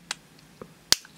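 A plastic wheel is pushed onto the axle of a toy brick and clicks into place at 0.1 s and 0.9 s, showing the wheel is properly seated. The second click is much sharper and louder, and a few faint ticks fall in between.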